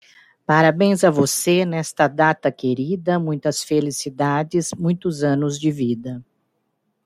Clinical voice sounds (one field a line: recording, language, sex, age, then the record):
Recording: short text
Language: Brazilian Portuguese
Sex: female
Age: 50 to 59 years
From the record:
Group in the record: control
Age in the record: 59 years